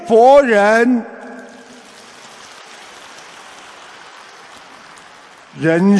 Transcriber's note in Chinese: 掌声